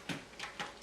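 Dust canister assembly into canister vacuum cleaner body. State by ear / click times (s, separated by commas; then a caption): seated / 0.1 s, 0.6 s. After the washable filter is put back, the plastic dust canister assembly of a Dyson DC39 Animal canister vacuum cleaner is pushed back onto the vacuum body. Sharp clicks sound at 0.1 s and 0.6 s, followed by a brief faint tick near 0.8 s. The canister assembly is seated and clicked into place.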